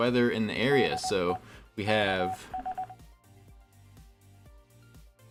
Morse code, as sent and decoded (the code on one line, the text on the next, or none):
-.. . / -.- ...
DE KS